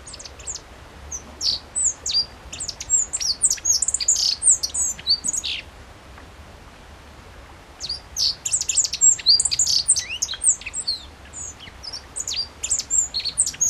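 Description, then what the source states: Godlewski's bunting song in two long bouts of quick, high, sharp chirps and thin slurred notes, separated by a quiet gap of about two seconds. Recorded 14 June 2012.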